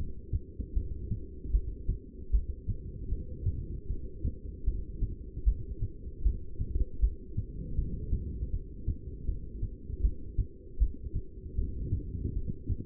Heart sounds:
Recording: heart sounds by stethoscope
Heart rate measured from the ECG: 78 bpm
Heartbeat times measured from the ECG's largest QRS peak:
0.75 s: heartbeat
1.52 s: heartbeat
2.32 s: heartbeat
3.10 s: heartbeat
3.88 s: heartbeat
4.65 s: heartbeat
5.45 s: heartbeat
6.24 s: heartbeat
7.01 s: heartbeat
7.76 s: heartbeat
8.52 s: heartbeat
9.27 s: heartbeat
10.02 s: heartbeat
10.79 s: heartbeat
11.56 s: heartbeat
12.35 s: heartbeat
From the record:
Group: heart failure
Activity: rest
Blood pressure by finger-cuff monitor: 186/126 mmHg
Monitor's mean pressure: 145 mmHg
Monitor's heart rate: 78 bpm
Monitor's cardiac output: 7.2 L/min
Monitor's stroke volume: 91 mL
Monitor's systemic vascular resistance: 1540 dyn s/cm5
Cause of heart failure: non-ischemic cardiomyopathy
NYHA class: 1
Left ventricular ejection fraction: 62%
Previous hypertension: present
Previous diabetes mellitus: present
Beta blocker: bisoprolol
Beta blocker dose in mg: 10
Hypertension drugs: sacubitril-valsartan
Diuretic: furosemide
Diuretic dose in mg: 20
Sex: male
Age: 49 years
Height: 167 cm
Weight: 110 kg

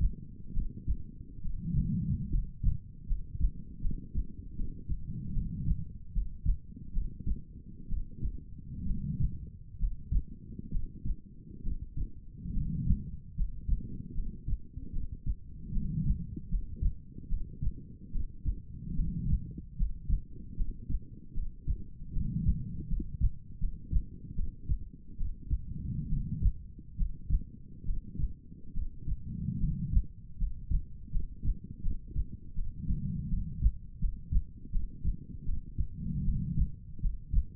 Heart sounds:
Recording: heart sounds by stethoscope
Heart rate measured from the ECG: 74 bpm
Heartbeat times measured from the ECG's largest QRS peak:
0.52 s: heartbeat
1.40 s: heartbeat
2.29 s: heartbeat
3.05 s: heartbeat
3.80 s: heartbeat
4.54 s: heartbeat
5.32 s: heartbeat
6.11 s: heartbeat
6.91 s: heartbeat
7.87 s: heartbeat
8.84 s: heartbeat
9.77 s: heartbeat
10.69 s: heartbeat
11.61 s: heartbeat
12.51 s: heartbeat
13.34 s: heartbeat
14.12 s: heartbeat
14.91 s: heartbeat
15.71 s: heartbeat
16.48 s: heartbeat
17.27 s: heartbeat
18.10 s: heartbeat
18.94 s: heartbeat
19.75 s: heartbeat
20.54 s: heartbeat
21.32 s: heartbeat
22.11 s: heartbeat
22.87 s: heartbeat
23.58 s: heartbeat
24.34 s: heartbeat
25.15 s: heartbeat
26.07 s: heartbeat
26.95 s: heartbeat
27.83 s: heartbeat
28.72 s: heartbeat
29.58 s: heartbeat
30.36 s: heartbeat
31.10 s: heartbeat
31.81 s: heartbeat
32.53 s: heartbeat
33.28 s: heartbeat
33.98 s: heartbeat
34.70 s: heartbeat
35.44 s: heartbeat
36.23 s: heartbeat
36.99 s: heartbeat
From the record:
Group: healthy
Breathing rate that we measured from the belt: 17 breaths a minute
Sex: female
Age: 23 years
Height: 160 cm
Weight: 50.4 kg

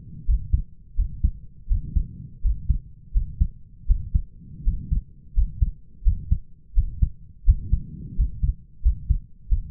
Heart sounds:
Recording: heart sounds by stethoscope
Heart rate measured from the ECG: 85 bpm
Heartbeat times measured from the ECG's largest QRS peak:
0.27 s: heartbeat
0.97 s: heartbeat
1.69 s: heartbeat
2.43 s: heartbeat
3.14 s: heartbeat
3.88 s: heartbeat
4.65 s: heartbeat
5.35 s: heartbeat
6.04 s: heartbeat
6.75 s: heartbeat
7.45 s: heartbeat
8.16 s: heartbeat
8.83 s: heartbeat
9.49 s: heartbeat
From the record:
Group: healthy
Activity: rest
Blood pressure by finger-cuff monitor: 107/60 mmHg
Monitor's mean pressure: 73 mmHg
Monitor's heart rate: 84 bpm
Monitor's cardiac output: 6.6 L/min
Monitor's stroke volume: 81 mL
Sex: male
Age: 22 years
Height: 181 cm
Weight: 60 kg

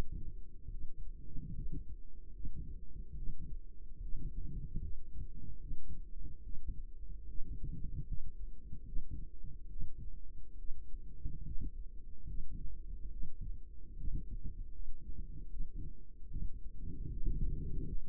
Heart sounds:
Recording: heart sounds by microphone in the right ear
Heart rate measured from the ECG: 74 bpm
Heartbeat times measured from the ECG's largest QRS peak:
0.69 s: heartbeat
1.53 s: heartbeat
2.31 s: heartbeat
3.15 s: heartbeat
4.00 s: heartbeat
4.80 s: heartbeat
5.59 s: heartbeat
6.42 s: heartbeat
7.26 s: heartbeat
8.05 s: heartbeat
8.84 s: heartbeat
9.68 s: heartbeat
10.57 s: heartbeat
11.43 s: heartbeat
12.25 s: heartbeat
13.10 s: heartbeat
13.95 s: heartbeat
14.71 s: heartbeat
15.48 s: heartbeat
16.28 s: heartbeat
17.08 s: heartbeat
17.82 s: heartbeat
From the record:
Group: healthy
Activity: rest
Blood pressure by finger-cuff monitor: 135/75 mmHg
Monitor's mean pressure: 94 mmHg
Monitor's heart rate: 73 bpm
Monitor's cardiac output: 6.8 L/min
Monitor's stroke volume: 93 mL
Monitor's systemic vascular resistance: 1010 dyn s/cm5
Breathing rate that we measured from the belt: 20 breaths a minute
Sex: female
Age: 22 years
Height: 154 cm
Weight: 58.7 kg

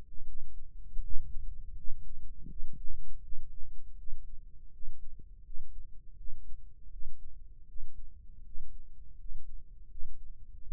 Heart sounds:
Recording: heart sounds by microphone in the left ear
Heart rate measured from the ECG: 81 bpm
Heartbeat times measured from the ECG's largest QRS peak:
0.25 s: heartbeat
1.02 s: heartbeat
1.76 s: heartbeat
2.48 s: heartbeat
3.21 s: heartbeat
3.96 s: heartbeat
4.71 s: heartbeat
5.44 s: heartbeat
6.17 s: heartbeat
6.90 s: heartbeat
7.67 s: heartbeat
8.44 s: heartbeat
9.18 s: heartbeat
9.89 s: heartbeat
10.61 s: heartbeat
From the record:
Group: healthy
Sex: female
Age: 37 years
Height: 168 cm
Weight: 70 kg

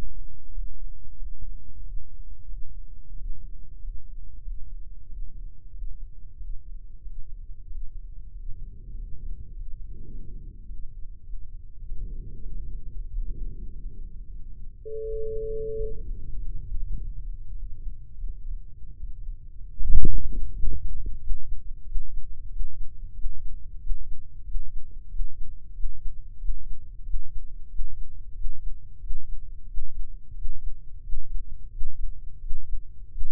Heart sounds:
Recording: heart sounds by microphone in the left ear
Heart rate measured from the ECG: 92 bpm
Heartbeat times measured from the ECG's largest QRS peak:
0.49 s: heartbeat
1.14 s: heartbeat
1.79 s: heartbeat
2.44 s: heartbeat
3.11 s: heartbeat
3.77 s: heartbeat
4.40 s: heartbeat
5.04 s: heartbeat
5.69 s: heartbeat
6.35 s: heartbeat
7.00 s: heartbeat
7.65 s: heartbeat
8.30 s: heartbeat
8.93 s: heartbeat
9.52 s: heartbeat
10.09 s: heartbeat
10.65 s: heartbeat
11.24 s: heartbeat
11.86 s: heartbeat
12.49 s: heartbeat
13.07 s: heartbeat
13.68 s: heartbeat
14.30 s: heartbeat
15.00 s: heartbeat
15.73 s: heartbeat
16.35 s: heartbeat
16.93 s: heartbeat
17.53 s: heartbeat
18.14 s: heartbeat
18.91 s: heartbeat
19.72 s: heartbeat
20.49 s: heartbeat
21.16 s: heartbeat
21.81 s: heartbeat
22.45 s: heartbeat
23.10 s: heartbeat
23.76 s: heartbeat
24.40 s: heartbeat
25.05 s: heartbeat
25.70 s: heartbeat
26.35 s: heartbeat
27.00 s: heartbeat
27.65 s: heartbeat
28.31 s: heartbeat
28.97 s: heartbeat
29.64 s: heartbeat
30.31 s: heartbeat
30.99 s: heartbeat
31.67 s: heartbeat
32.37 s: heartbeat
33.07 s: heartbeat
From the record:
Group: healthy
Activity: rest 0-14 s, breath hold 14-33 s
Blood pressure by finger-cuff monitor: 114/83 mmHg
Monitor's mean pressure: 93 mmHg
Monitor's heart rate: 92 bpm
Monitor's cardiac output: 6.4 L/min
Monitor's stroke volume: 69 mL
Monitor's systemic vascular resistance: 1070 dyn s/cm5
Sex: male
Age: 21 years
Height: 180 cm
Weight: 67.5 kg

